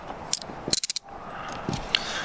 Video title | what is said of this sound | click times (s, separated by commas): Handcuffs Comparison | and you hear a little click and you turn it the other way and the cuffs come open | 0.3 s